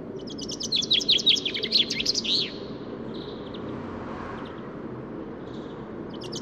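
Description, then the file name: Common chaffinch song: a rapid, loud descending trill with a flourish, then a few soft separate notes against a low background rumble. "Fringilla coelebs"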